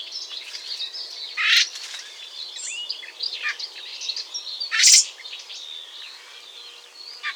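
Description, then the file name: Eurasian blackbird call: loud rasping bursts at about one and a half and five seconds, set against a busy background of high chirping birds. "Turdus merula"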